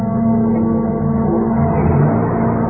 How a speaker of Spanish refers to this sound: El pequeño Solín reaccionó rápido al escuchar el motor de un auto y... ¡Mira, Calimán! ¡Un hombre escapa en esa... ¡Es él! ¡El extraño señor Smith! El auto se alejaba rápidamente